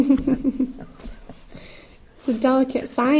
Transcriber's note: chuckles